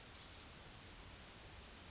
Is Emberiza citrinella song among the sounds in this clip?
no